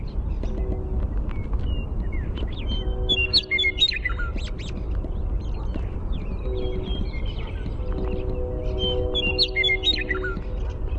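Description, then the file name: Western meadowlark song: two jumbled phrases of liquid, falling whistled notes, with a droning hum and low rumble throughout. Primary song. "WEME-Primary Song"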